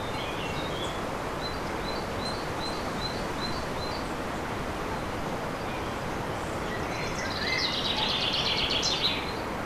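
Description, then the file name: Common chaffinch singing: a run of evenly spaced high notes, then a dense rattling phrase near the end, all beneath steady roaring wind. Recorded in wind on 7 May 2011 with an MZ-N710 recorder. "vent et pinson 7 05 11"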